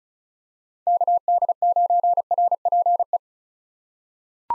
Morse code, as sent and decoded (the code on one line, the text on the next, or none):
-.- -.. ----. .-. .--. .
KD9RPE